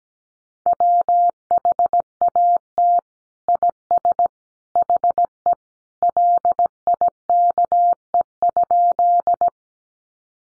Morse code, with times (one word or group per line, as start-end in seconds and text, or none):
0.7-3.0 WHAT
3.5-4.3 IS
4.8-5.5 HE
6.0-9.5 LIKE?